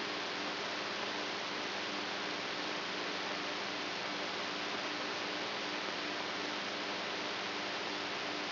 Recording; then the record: brain microelectrode recording played as sound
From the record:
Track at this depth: outside the subthalamic nucleus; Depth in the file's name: 6.108 mm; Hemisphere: right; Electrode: 3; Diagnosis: Parkinson's disease